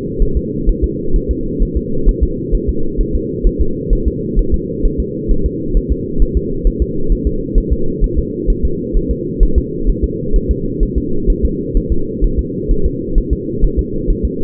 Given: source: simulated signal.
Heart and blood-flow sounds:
fetal heart sounds
0.22 s: S1
0.37 s: S2
0.69 s: S1
0.84 s: S2
1.16 s: S1
1.31 s: S2
1.62 s: S1
1.77 s: S2
2.09 s: S1
2.23 s: S2
2.55 s: S1
2.69 s: S2
3.01 s: S1
3.15 s: S2
3.47 s: S1
3.61 s: S2
3.93 s: S1
4.08 s: S2
4.39 s: S1
4.54 s: S2
4.85 s: S1
5.00 s: S2
5.31 s: S1
5.46 s: S2
5.77 s: S1
5.92 s: S2
6.22 s: S1
6.37 s: S2
6.67 s: S1
6.82 s: S2
7.12 s: S1
7.27 s: S2
7.58 s: S1
7.73 s: S2
8.04 s: S1
8.19 s: S2
8.50 s: S1
8.65 s: S2
8.97 s: S1
9.11 s: S2
9.43 s: S1
9.58 s: S2
9.90 s: S1
10.04 s: S2
10.36 s: S1
10.51 s: S2
10.83 s: S1
10.98 s: S2
11.30 s: S1
11.45 s: S2
11.77 s: S1
11.92 s: S2
12.24 s: S1
12.39 s: S2
12.71 s: S1
12.86 s: S2
13.18 s: S1
13.33 s: S2
13.64 s: S1
13.79 s: S2
14.10 s: S1
14.25 s: S2
From the record:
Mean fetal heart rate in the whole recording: 130 bpm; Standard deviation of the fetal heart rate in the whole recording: 2 bpm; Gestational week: 38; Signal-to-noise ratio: -8.1 dB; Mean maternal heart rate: 72 bpm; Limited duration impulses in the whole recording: absent

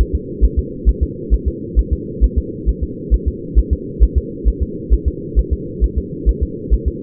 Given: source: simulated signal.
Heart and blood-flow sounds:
fetal heart sounds
0.01 s: S1
0.15 s: S2
0.44 s: S1
0.59 s: S2
0.89 s: S1
1.03 s: S2
1.34 s: S1
1.48 s: S2
1.79 s: S1
1.93 s: S2
2.24 s: S1
2.38 s: S2
2.69 s: S1
2.83 s: S2
3.14 s: S1
3.28 s: S2
3.59 s: S1
3.73 s: S2
4.03 s: S1
4.18 s: S2
4.48 s: S1
4.63 s: S2
4.93 s: S1
5.08 s: S2
5.39 s: S1
5.53 s: S2
5.84 s: S1
5.98 s: S2
6.29 s: S1
6.43 s: S2
6.74 s: S1
6.88 s: S2
From the record:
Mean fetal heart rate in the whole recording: 135 bpm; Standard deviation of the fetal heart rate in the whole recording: 3 bpm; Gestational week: 34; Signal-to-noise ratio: -4.1 dB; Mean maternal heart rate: no maternal heart sound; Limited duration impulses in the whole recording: absent

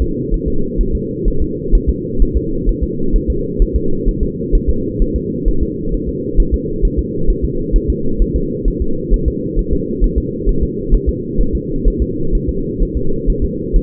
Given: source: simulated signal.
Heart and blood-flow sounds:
fetal heart sounds
0.02 s: S2
0.34 s: S1
0.48 s: S2
0.81 s: S1
0.95 s: S2
1.28 s: S1
1.42 s: S2
1.75 s: S1
1.89 s: S2
2.22 s: S1
2.37 s: S2
2.69 s: S1
2.83 s: S2
3.16 s: S1
3.30 s: S2
3.62 s: S1
3.76 s: S2
4.09 s: S1
4.23 s: S2
4.55 s: S1
4.69 s: S2
5.02 s: S1
5.16 s: S2
5.48 s: S1
5.63 s: S2
5.94 s: S1
6.09 s: S2
6.40 s: S1
6.54 s: S2
6.85 s: S1
6.99 s: S2
7.30 s: S1
7.45 s: S2
7.76 s: S1
7.90 s: S2
8.22 s: S1
8.36 s: S2
8.68 s: S1
8.82 s: S2
9.14 s: S1
9.28 s: S2
9.59 s: S1
9.73 s: S2
10.04 s: S1
10.18 s: S2
10.49 s: S1
10.63 s: S2
10.94 s: S1
11.09 s: S2
11.41 s: S1
11.55 s: S2
11.88 s: S1
12.02 s: S2
12.35 s: S1
12.49 s: S2
12.82 s: S1
12.97 s: S2
13.30 s: S1
13.44 s: S2
13.76 s: S1
From the record:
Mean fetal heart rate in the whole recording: 130 bpm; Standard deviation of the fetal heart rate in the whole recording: 4 bpm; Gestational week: 38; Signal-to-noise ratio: -8.1 dB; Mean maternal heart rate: 72 bpm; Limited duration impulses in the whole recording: absent

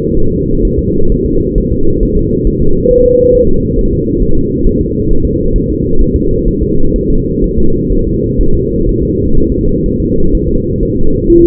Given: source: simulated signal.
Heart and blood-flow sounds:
fetal heart sounds
0.17 s: S1
0.32 s: S2
0.65 s: S1
0.79 s: S2
1.12 s: S1
1.26 s: S2
1.58 s: S1
1.72 s: S2
2.03 s: S1
2.17 s: S2
2.47 s: S1
2.62 s: S2
2.91 s: S1
3.06 s: S2
3.35 s: S1
3.49 s: S2
3.78 s: S1
3.93 s: S2
4.22 s: S1
4.37 s: S2
4.66 s: S1
4.81 s: S2
5.11 s: S1
5.25 s: S2
5.56 s: S1
5.70 s: S2
6.01 s: S1
6.16 s: S2
6.48 s: S1
6.63 s: S2
6.96 s: S1
7.10 s: S2
7.44 s: S1
7.58 s: S2
7.92 s: S1
8.07 s: S2
8.41 s: S1
8.55 s: S2
8.89 s: S1
9.03 s: S2
9.37 s: S1
9.52 s: S2
9.86 s: S1
10.00 s: S2
10.35 s: S1
10.49 s: S2
10.83 s: S1
10.97 s: S2
11.30 s: S1
11.44 s: S2
From the record:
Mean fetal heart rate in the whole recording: 130 bpm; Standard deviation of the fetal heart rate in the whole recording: 4 bpm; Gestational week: 38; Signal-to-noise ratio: -19.1 dB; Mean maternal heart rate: 72 bpm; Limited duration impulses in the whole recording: present

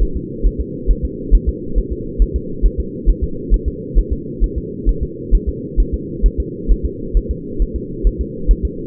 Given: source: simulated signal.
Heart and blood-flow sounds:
fetal heart sounds
0.03 s: S1
0.17 s: S2
0.47 s: S1
0.61 s: S2
0.91 s: S1
1.05 s: S2
1.35 s: S1
1.49 s: S2
1.78 s: S1
1.92 s: S2
2.22 s: S1
2.36 s: S2
2.66 s: S1
2.80 s: S2
3.09 s: S1
3.24 s: S2
3.54 s: S1
3.68 s: S2
3.99 s: S1
4.13 s: S2
4.44 s: S1
4.58 s: S2
4.89 s: S1
5.03 s: S2
5.35 s: S1
5.49 s: S2
5.80 s: S1
5.94 s: S2
6.26 s: S1
6.40 s: S2
6.71 s: S1
6.86 s: S2
7.17 s: S1
7.31 s: S2
7.62 s: S1
7.76 s: S2
8.07 s: S1
8.21 s: S2
8.51 s: S1
8.65 s: S2
From the record:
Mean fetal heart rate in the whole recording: 135 bpm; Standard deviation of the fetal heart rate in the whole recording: 3 bpm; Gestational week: 36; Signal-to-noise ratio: -4.3 dB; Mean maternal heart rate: 72 bpm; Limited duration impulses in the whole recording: absent

